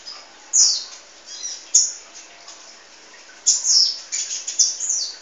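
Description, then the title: Sunbird chirping: short high, sharp descending squeaks in separate bursts, followed by a quicker cluster of thin twittering notes near the end. "kicau kolibri"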